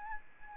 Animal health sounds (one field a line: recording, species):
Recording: mosquito wingbeat signal from an infrared sensor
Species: Anopheles arabiensis